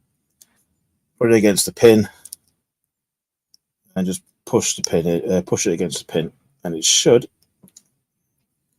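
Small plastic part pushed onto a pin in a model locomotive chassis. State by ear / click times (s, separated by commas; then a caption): seated / 7.7 s, 7.8 s. During a DCC conversion of a Hornby Class 91 model locomotive, someone talks while a small plastic part is placed flat side down and pushed against a pin in the chassis. It snaps into place with small clicks at 7.7 and 7.8 seconds, seating the part on the pin.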